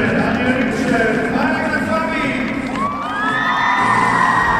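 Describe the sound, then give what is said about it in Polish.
A dense crowd of excited fans cheers and shouts continuously, with high-pitched squeals and rising whoops cutting through the loud, steady din, as a young show-jumping rider arrives at an equestrian competition in Kraków. “Widzę, że masz tutaj spore grono fanów. Jak przyjeżdżałeś, pisk.”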